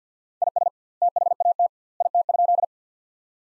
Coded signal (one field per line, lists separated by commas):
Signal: Morse code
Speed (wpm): 45 wpm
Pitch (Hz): 700 Hz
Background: none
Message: IS THAT IT?